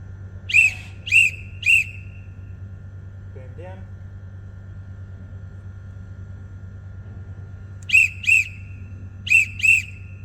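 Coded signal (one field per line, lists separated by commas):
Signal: whistle signal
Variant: crane dogger whistle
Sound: three short sharp whistle blasts, long pause, then two pairs of short blasts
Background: low machinery hum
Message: 3-2-2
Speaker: boom up. Boom down. Yep.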